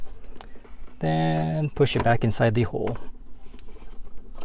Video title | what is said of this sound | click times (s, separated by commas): How to fix your Faulty Honda Pilot Aux Port | make make sure it clicks into place | 0.4 s